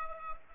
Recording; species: mosquito wingbeat signal from an infrared sensor; Culex pipiens